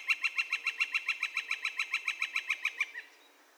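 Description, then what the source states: Northern flicker calling a rapid, even series of loud, clipped wick notes, running for about three seconds before stopping abruptly. Calls recorded 2 May 2020.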